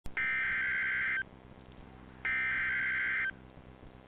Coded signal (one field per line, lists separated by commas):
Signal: Emergency Alert System (SAME) tones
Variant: header bursts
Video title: EAS 146 - Severe Thunderstorm Warning Colbert AL